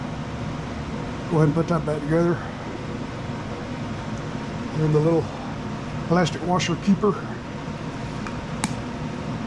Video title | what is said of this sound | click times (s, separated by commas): Craftsman Push Mower Runs Terrible! | pops right in there like that | 8.6 s